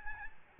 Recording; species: mosquito wingbeat signal from an infrared sensor; Aedes albopictus